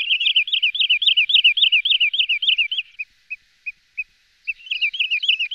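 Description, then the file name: Wood sandpiper calls: a fast run of high, bouncing whistled notes, then a few spaced single notes and a brief pause, before the quick series resumes. "piro piro boschereccio"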